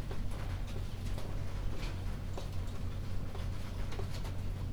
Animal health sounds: poultry house recording; no chicken sound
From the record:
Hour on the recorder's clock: 22

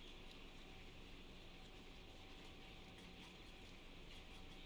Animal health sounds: poultry house recording; healthy chickens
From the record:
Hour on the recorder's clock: 4

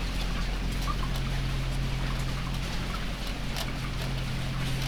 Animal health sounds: poultry house recording; healthy chickens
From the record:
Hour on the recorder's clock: 6

